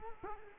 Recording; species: mosquito wingbeat signal from an infrared sensor; Culex quinquefasciatus